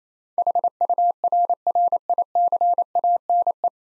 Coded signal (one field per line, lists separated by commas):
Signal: Morse code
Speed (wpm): 28 wpm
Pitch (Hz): 700 Hz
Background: none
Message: HURRICANE